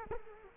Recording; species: mosquito wingbeat signal from an infrared sensor; Culex quinquefasciatus